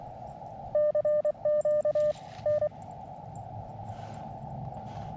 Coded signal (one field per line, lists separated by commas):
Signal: Morse code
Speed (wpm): 23 wpm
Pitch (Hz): 600 Hz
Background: radio noise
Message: CQ N